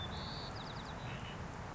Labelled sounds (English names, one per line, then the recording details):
White-crowned Sparrow
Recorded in Sonoma County, California